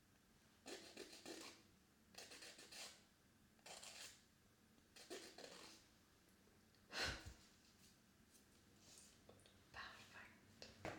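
Someone painting their nails: short, bright, scratchy strokes of the brush repeat roughly every second or so, each lasting under a second. Around the middle comes one sharper clink, like the brush tapping the bottle, over a low, quiet hum.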